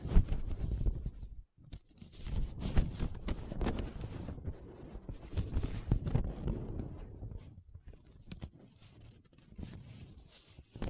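Paper being rubbed and scratched in uneven bursts of dry rustling, pausing briefly near two and eight seconds, then growing quieter and sparser.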